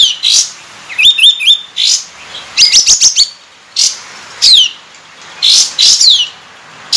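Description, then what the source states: Sooty-headed Bulbul song: quick buzzy notes and bright chirps in fast clusters, then spaced downslurred calls. Kapas tembak 'buka ekor' (tail-opening) song style, used for training cage birds.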